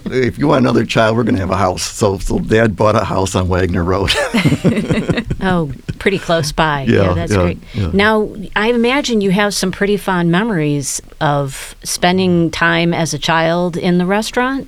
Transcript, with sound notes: If you want another child, we're going to have a house. Dad bought a house on Wagner Road [LAUGHTER]
Pretty close by. That's great. Now, I imagine you have some pretty fond memories of spending time as a child in the restaurant.